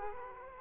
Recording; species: mosquito wingbeat signal from an infrared sensor; Culex quinquefasciatus